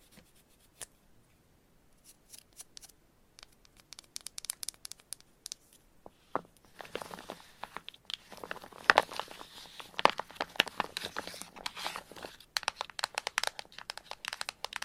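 ASMR scratching and tapping: sparse, crisp taps and scrapes open the first six seconds, then a dense run of bright scratching and rapid clicks fills roughly 6 to 12 seconds. Quick, irregular taps continue to the end over near silence.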